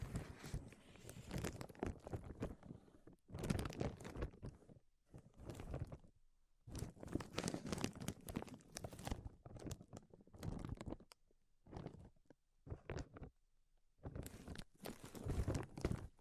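Tapping, scratching and tracing sounds come in dense bursts of quick rubbing and clicks, broken by short silences every second or two.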